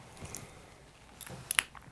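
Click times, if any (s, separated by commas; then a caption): 1.5 s, 1.6 s. A snap cap is closed onto the section of a Sheaffer 100 fountain pen, and after a few faint handling ticks the cap snaps shut with two sharp, short clicks at 1.5 and 1.6 seconds. The cap is seated.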